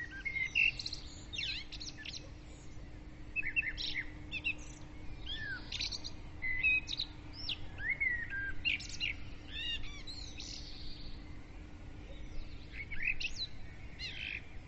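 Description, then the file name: Many birds singing together: sharp chirps, slurred whistles and rapid rattling notes follow one another without pause, over a faint continuous low tone. Birds' dawn praise (dawn chorus), recorded with a ZOOM recorder. "Madarak hajnali dicsérete-ZOOM"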